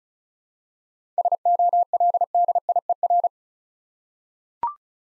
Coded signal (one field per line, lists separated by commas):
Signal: Morse code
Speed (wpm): 36 wpm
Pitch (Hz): 700 Hz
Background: none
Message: SOLDIER